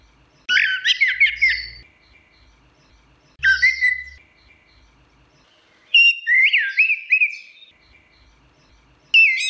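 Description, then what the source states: Orange-headed thrush song: several loud, twisting warbled phrases with scratchy edges, spaced by pauses of one to two seconds, with faint low thuds. Song in the ngeplong style.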